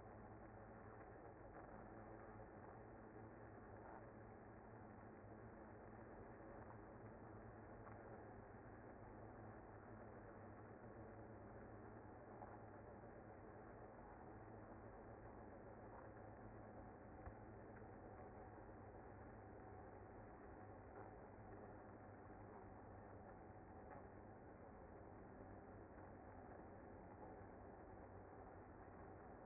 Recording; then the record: honeybee colony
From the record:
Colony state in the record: active